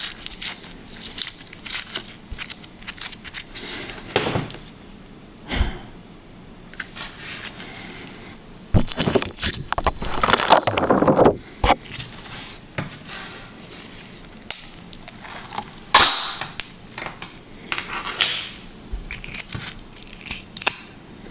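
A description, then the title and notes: Liquid slime is worked and squeezed, giving a busy run of wet clicks, squelches and crackles that come in uneven bursts. A denser, louder stretch of squishing builds around ten to eleven seconds, and a sharp bright snap stands out near sixteen seconds. Liquid Slime ASMR.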